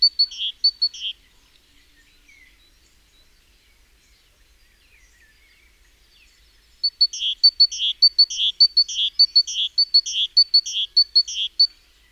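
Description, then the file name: Great tit: a short burst of phrases of two high notes and a buzzy note, about six seconds of quiet, then a steady run of the same phrases, nearly two per second. "Parus major"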